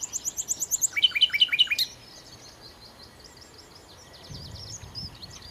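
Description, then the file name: Common nightingale song: a quick run of high whistled notes shifting into lower, louder repeated chirps, followed by faint twittering of other birds. "Nachtigall"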